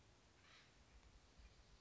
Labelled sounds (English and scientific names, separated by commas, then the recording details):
Acorn Woodpecker (Melanerpes formicivorus)
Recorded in Sonoma County, California